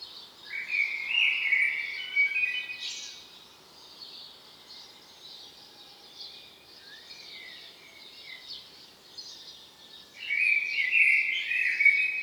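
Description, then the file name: Common blackbird sings a rich warbling phrase with a high squeaky ending, a long quiet gap with faint notes, then another fluty phrase. "Turdus merula"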